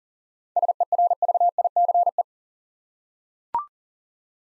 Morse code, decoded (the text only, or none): SERVICE